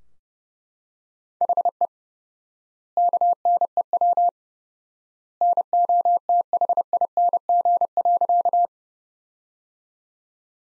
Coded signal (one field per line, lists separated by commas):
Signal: Morse code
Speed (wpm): 30 wpm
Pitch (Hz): 700 Hz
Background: none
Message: HE KNEW NOTHING.